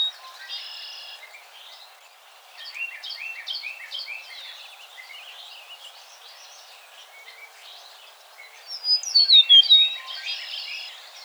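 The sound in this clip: Eastern meadowlark delivering one clear, slurred whistle phrase falling in pitch near the end, with bouts of rapid chattering notes throughout.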